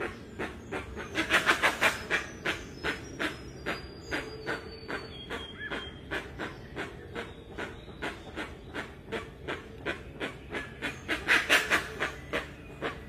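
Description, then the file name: Rusty-margined guan song: a long series of rough, chuffing notes, about three per second, louder in bursts, with faint high whistles from other birds. "Canto da jacupemba"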